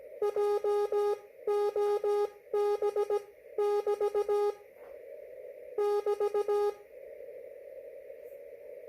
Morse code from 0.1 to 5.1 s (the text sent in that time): JOB<BT>